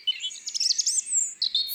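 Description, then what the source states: European robin singing a brief, very high, liquid phrase of sliding whistles and a thin trill. A second robin singing further away, heard from under an oak; robins are described as bad-tempered and liking to be alone at home.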